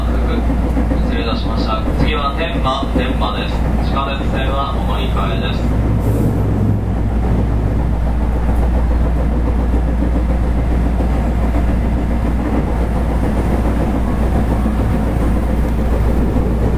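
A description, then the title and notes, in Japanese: Running sound of a 221 series electric train: a steady low rumble and hum fill the whole clip at an even level. In the first six seconds a voice speaks over it, with a brief higher tone near six seconds, then only the continuous rolling noise remains. JR西日本の221系電車の走行音です。環状線外回り 大阪から天王寺までです。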